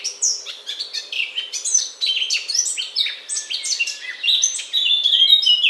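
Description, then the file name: Eurasian blackcap song: a fast, continuous warble of varied chirps and whistled notes, mostly high-pitched, running without pause through the whole stretch. "Sylvia atricapilla"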